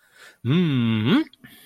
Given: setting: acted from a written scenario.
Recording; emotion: vocal sound without words; pride